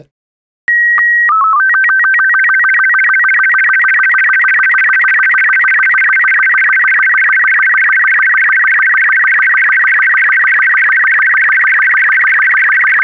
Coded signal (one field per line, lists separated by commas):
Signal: SSTV (slow-scan television)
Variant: Robot 36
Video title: SSTV on Android Part 2 - Encoding SSTV Encoder